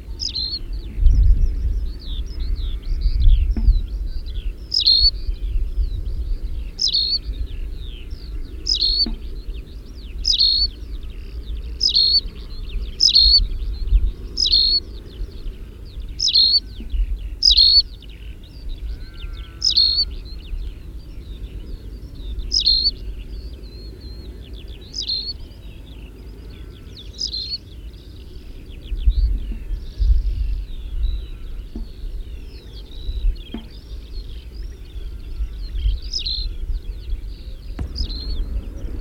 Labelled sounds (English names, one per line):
Tawny Pipit song